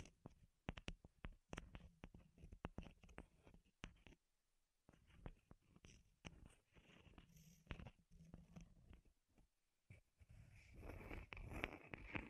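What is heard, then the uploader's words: Close, crisp taps and knocks on wood come in quick irregular bursts for the first four seconds, then pause briefly. Sharper clicks and scratchy rubbing follow, and after a short silence near ten seconds a denser, louder scraping fills the end. ASMR Wood Triggers in Your Ears (No Talking).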